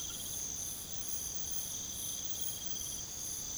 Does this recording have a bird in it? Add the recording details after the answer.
no. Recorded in pastures near Puerto Asís, Putumayo, Colombia, on 8 March 2025 at 01:30. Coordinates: 0.486, -76.323. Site G075